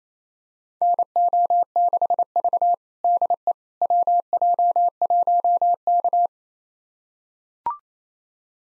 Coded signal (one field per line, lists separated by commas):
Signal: Morse code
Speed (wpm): 28 wpm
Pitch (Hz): 700 Hz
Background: none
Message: NO6V DE WJ1K